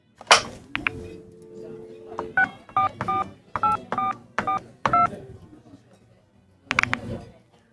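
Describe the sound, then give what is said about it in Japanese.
A phone number is dialed on a telephone in a coffee shop in a quick series of electronic keypad tones, two-note beeps in short bursts with brief pauses, accompanied by some clunky handling noise and a short steady hum near the start. “電話はありますか？ はい、ございます。そこにございます。どうぞ。”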